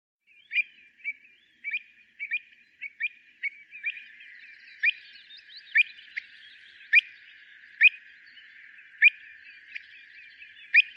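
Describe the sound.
Bird calls: short upward-sweeping chirps, quick and irregular at first, then spaced about a second apart over a faint steady chatter.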